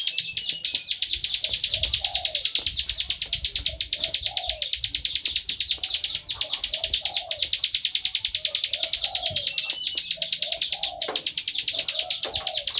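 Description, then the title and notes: Bar-winged prinia chattering nonstop in rapid, dry, high chips, while low two-note phrases repeat faintly beneath. Continuous calling style known as ngebren, recorded for use as tutor audio (masteran) for training oriental magpie-robins. "Ciblek Ngebren Untuk Masteran Murai Batu. Suara burung ciblek"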